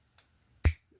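A second plastic tab on a Transformers Studio Series 86 Leader Class Soundwave transforming action figure is pressed into its slot, with a faint tick at 0.2 s. It seats with a loud, sharp snap at 0.7 s, and the tab is in place.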